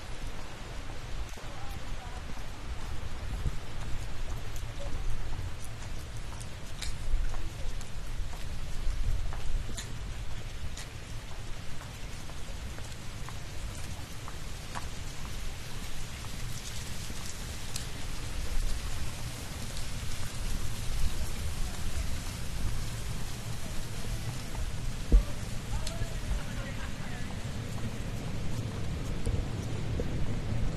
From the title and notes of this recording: 贵船神社顺流而下. Kifune Shrine Walking Down.